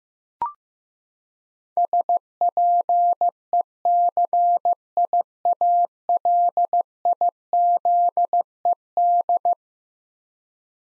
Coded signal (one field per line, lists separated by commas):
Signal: Morse code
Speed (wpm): 15 wpm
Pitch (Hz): 700 Hz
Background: none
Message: SPECIALIZED